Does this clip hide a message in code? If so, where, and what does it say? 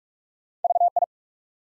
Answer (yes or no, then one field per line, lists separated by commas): yes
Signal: Morse code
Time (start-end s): 0.6-1.0 s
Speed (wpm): 45 wpm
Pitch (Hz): 700 Hz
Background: none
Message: VI